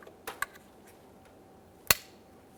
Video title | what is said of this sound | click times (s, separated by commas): How to Replace Front Exterior Door Handle 2011-2021 Jeep Grand Cherokee | listen for a click from that a light tug | 1.9 s